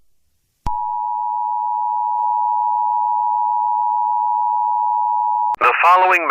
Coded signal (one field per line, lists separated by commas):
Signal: Emergency Alert System (SAME) tones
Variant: 853 and 960 Hz attention tone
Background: speech